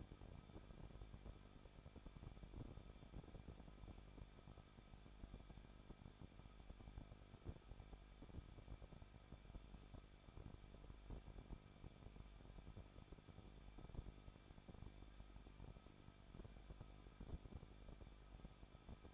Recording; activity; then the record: daily activity, microphone in the room; no activity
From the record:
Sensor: 5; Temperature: 20.8 degrees Celsius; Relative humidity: 38.2%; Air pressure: 1006.4 hPa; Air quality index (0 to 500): 189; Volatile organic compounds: 19 ppm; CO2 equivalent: 2660 ppm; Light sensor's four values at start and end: 2/3/1/1 and 2/3/1/1